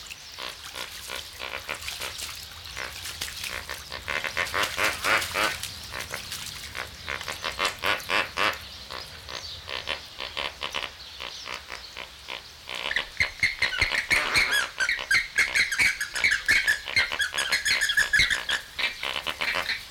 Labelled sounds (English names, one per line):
Puna Ibis